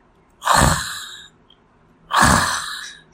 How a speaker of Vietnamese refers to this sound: Tiếng ngáy nho nhỏ phát ra từ miệng người nằm ở trên giường.